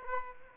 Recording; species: mosquito wingbeat signal from an infrared sensor; Aedes aegypti